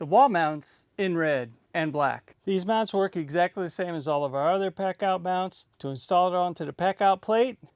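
Someone talks throughout as a plastic Milwaukee Packout wall mount for AirTip vacuum accessories, offered in red and black, is handled ahead of being set in position on a Packout tool storage wall plate and pushed down to lock. Only speech is heard, with no mechanical sounds. Nothing has seated or clicked yet.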